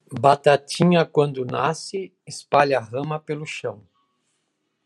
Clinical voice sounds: short text; Brazilian Portuguese; male; 70 to 79 years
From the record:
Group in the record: control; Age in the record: 75 years

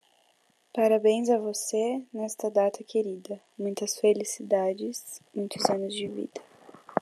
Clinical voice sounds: short text; Brazilian Portuguese; female; 20 to 29 years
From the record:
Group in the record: control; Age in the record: 20 years

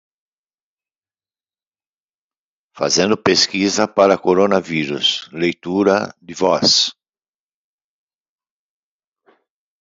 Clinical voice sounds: short text; Brazilian Portuguese; male; 70 to 79 years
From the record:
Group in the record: control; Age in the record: 70 years

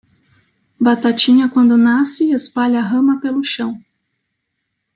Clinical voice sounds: short text; Brazilian Portuguese; female; 30 to 39 years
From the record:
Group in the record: control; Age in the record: 36 years

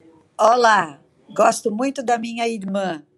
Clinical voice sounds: short text; Brazilian Portuguese; female; 60 to 69 years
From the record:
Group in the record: control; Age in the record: 63 years

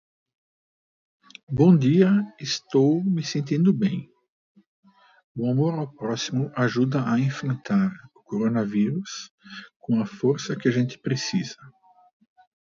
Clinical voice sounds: spoken sentence; Brazilian Portuguese; male; 50 to 59 years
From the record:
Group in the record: control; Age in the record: 57 years

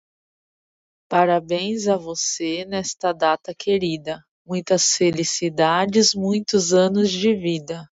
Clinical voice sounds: short text; Brazilian Portuguese; female; 30 to 39 years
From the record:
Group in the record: control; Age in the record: 33 years

